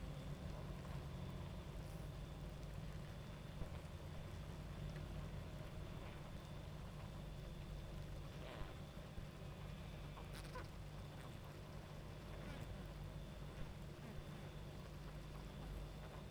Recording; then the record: honeybee colony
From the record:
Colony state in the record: active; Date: 28 July 2017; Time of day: 23:09